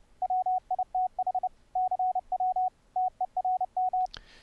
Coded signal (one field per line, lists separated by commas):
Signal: Morse code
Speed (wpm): 30 wpm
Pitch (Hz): 740 Hz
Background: radio noise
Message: WITH CW TERM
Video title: SOFTWARE CW KEYBOARDs - review of 5 morse code programs